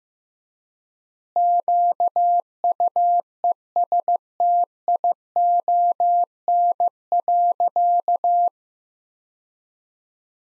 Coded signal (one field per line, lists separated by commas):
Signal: Morse code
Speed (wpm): 15 wpm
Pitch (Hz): 700 Hz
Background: none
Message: QUESTION.